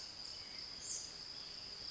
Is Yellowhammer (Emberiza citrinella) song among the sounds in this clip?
no